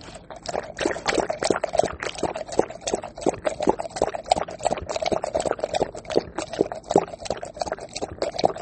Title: Thirsty Puppy Drinking Water Jan 11, 2020